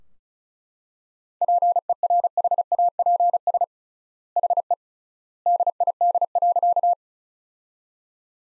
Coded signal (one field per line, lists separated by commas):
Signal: Morse code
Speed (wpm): 36 wpm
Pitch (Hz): 700 Hz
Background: none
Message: PERHAPS HE DID.